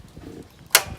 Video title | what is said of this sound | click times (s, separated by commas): 1978 Vespa Grande Overview- Systems, Starting and Performance | that button pops out again when you flip it up like this there's | 0.8 s